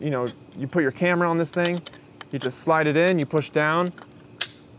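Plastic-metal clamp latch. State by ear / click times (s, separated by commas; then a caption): seated / 4.4 s. A camera quick-release plate is slid into the clamp of a Magnus VT-300 video tripod head and pushed down until it seats with one sharp click at 4.4 seconds. Someone talks through most of the clip before the snap.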